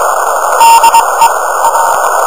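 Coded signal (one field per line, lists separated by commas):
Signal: Morse code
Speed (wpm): 21 wpm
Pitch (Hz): 920 Hz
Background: none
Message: DEA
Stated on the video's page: CW contacts on 24.912 MHz from Thailand.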